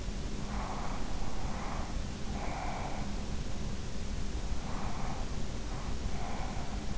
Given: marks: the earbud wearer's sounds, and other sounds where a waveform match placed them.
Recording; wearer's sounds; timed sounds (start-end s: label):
sounds in sleep by an in-ear microphone; breath
0.38-3.16 s: breath
4.67-6.98 s: breath